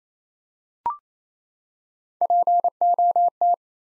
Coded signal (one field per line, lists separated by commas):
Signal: Morse code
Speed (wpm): 28 wpm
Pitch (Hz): 700 Hz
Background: none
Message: POT